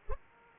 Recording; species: mosquito wingbeat signal from an infrared sensor; Aedes aegypti